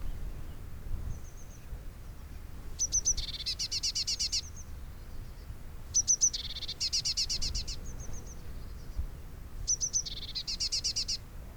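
Eurasian blue tit singing repeatedly: high thin introductory notes leading into a rapid trembling trill, phrases every three seconds or so, over soft low background noise.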